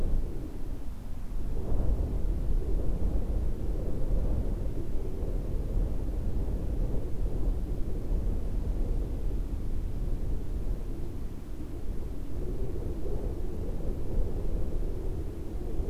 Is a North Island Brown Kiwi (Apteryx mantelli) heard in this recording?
no